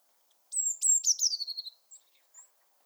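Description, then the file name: Eurasian blue tit call, a high thin opening note followed by a descending churring trill of quick pulses, then two faint short high notes. "Cyanistes caeruleus"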